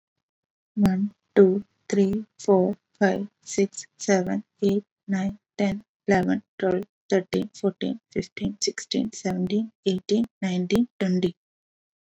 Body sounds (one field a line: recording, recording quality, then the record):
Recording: counting at a normal pace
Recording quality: excellent, no background noise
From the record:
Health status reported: COVID-19 positive, no symptoms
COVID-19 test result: positive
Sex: female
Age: 31 years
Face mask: not worn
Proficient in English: yes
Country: India